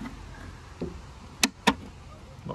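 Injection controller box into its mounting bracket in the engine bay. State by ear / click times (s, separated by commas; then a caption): seated / 1.4 s, 1.7 s. A port-injection controller box for a BMW E89 Z4 35i/s is slid into its vacant mounting spot in the engine bay and pushed in. Two sharp clicks at 1.4 s and 1.7 s are heard as it hooks into place, with a softer tap near 2.5 s. The box is seated in position.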